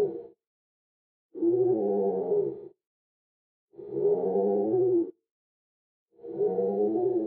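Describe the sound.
Crow producing slow, prolonged, hoarse caws of over a second each, repeated roughly every two and a half seconds in silence.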